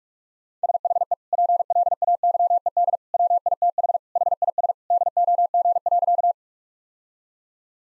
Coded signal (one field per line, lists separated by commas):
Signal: Morse code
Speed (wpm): 46 wpm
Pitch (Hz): 700 Hz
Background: none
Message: SHE PLAYED WITH HIS DOG.